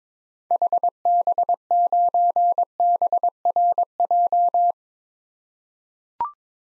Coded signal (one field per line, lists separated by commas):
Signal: Morse code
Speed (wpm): 22 wpm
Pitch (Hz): 700 Hz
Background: none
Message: HB9BRJ